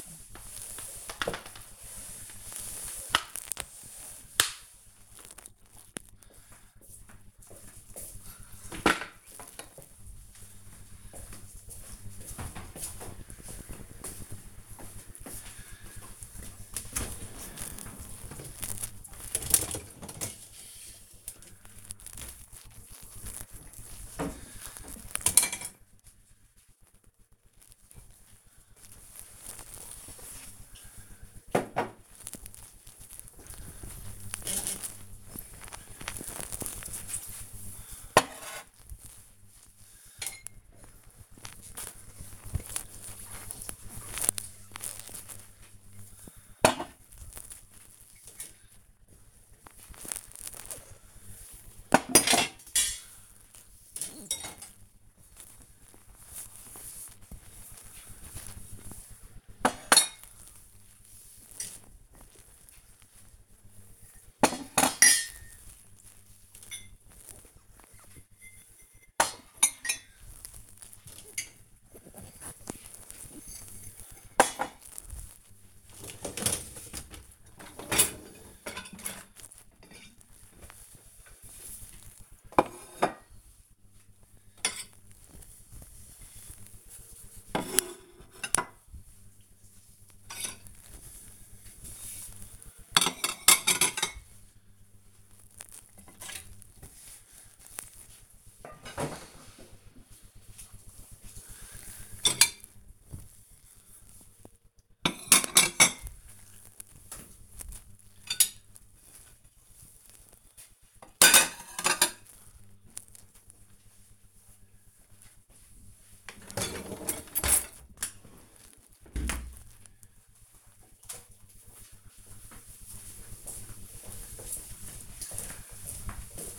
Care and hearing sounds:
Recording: household activities, microphone on the right wrist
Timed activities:
0.00-5.35 s: floor cleaning
15.44-118.18 s: cleaning out the dishwasher

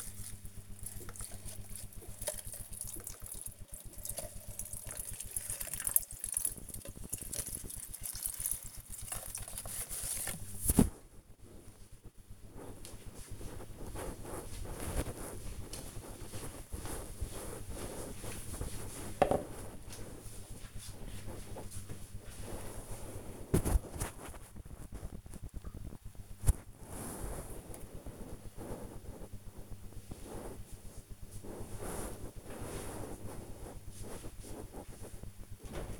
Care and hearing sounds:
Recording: household activities, microphone on the right wrist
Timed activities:
0.00-11.06 s: watering plant

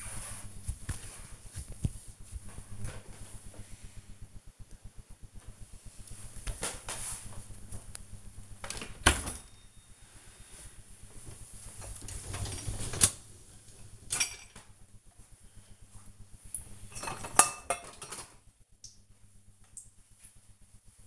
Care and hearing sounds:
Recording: household activities, microphone on the right wrist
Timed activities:
0.00-2.65 s: cream hands
7.70-21.07 s: cleaning out the dishwasher

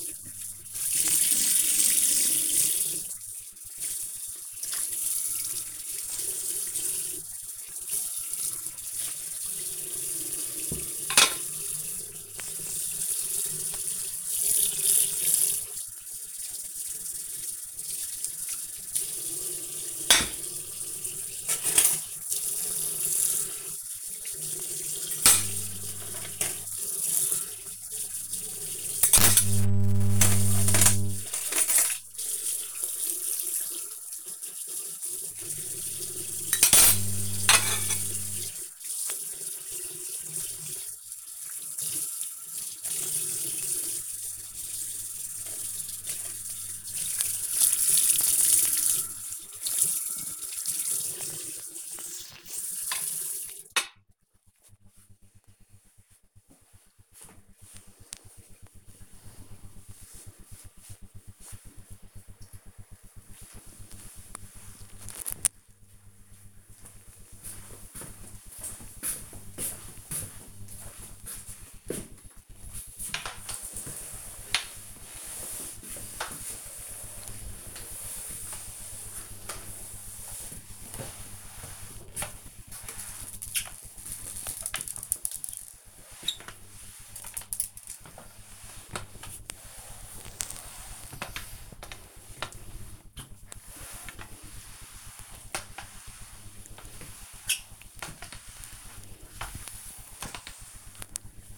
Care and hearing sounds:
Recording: household activities, microphone on the right wrist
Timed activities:
0.00-53.62 s: washing dishes
71.78-101.58 s: floor cleaning

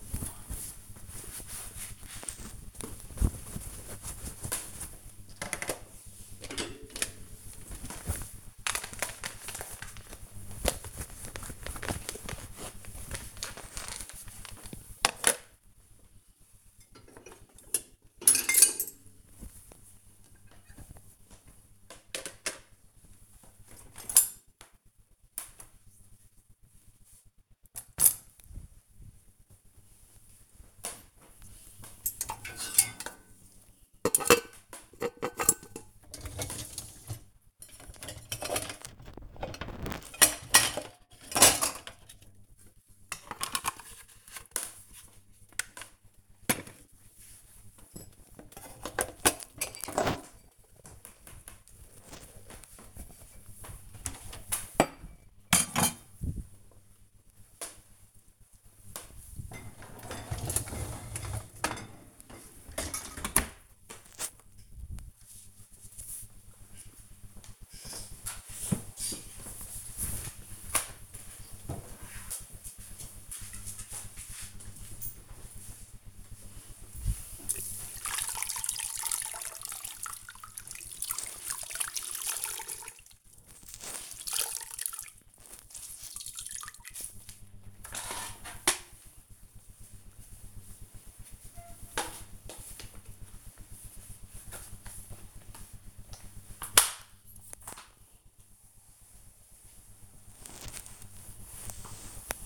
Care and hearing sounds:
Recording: household activities, microphone on the right wrist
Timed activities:
0.00-63.29 s: cleaning out the dishwasher
75.35-102.46 s: floor cleaning

